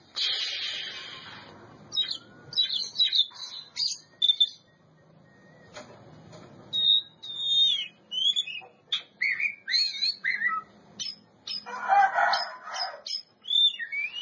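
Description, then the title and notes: Oriental magpie-robin song, a varied run of sharp whistles, slurred notes and harsh bursts broken by short pauses, with some rasping noise early and near the end. Champion bird. "Kicau Burung Kacer Juara. Suara Kicauan Burung Kacer Juara"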